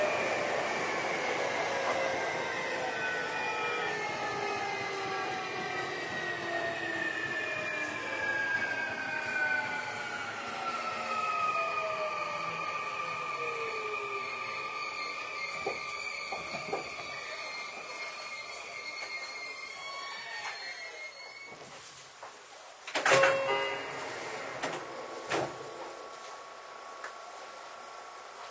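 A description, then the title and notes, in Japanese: A Sotetsu 20000 series train ride between Yokohama and Shonandai. The motor whine glides steadily downward in pitch over the first twenty seconds as the train slows, under a constant low rumble, then sharp clunks and a brief loud knock around 23 seconds. 相鉄20000系 横浜ー湘南台。快速に乗車し、録音。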